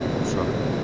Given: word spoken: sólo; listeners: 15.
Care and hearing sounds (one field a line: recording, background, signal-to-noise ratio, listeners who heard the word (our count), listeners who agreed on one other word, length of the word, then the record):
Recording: one Spanish word in noise, from a listening test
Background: speech-shaped noise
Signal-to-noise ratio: -5.2 dB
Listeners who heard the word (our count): 3 of 15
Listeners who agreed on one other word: 6 of 15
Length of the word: 0.44 s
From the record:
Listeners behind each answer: 6, 4, 3, 2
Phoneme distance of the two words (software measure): 7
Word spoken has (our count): 2 syllables, 4 phonemes, stress on syllable 1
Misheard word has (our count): 1 syllable, 3 phonemes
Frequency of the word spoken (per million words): 1117.94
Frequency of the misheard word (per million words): 149.60